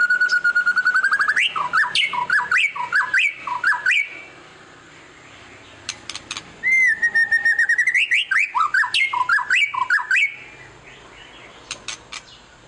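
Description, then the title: White-rumped shama song: long whistled note flowing into a rapid series of jerky notes, repeated twice, then fading chips. Lure recording meant to make other white-rumped shamas respond; described as gacor, a lively, frequently singing bird. "PANCINGAN MEWAH MURAI BATU GACOR, SEKALI DENGAR AMPUH LANGSUNG RESPON"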